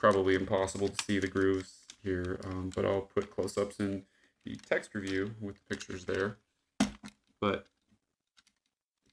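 Someone talks while a plastic clip on a Mighty Morphin Power Rangers Legacy Dragonzord (Zyuranger Dragon Caesar) toy robot is pulled down into a small groove. Two faint clicks come at 8.4 s and 8.5 s as the clip locks in, but it is not fully home and needs to be redone.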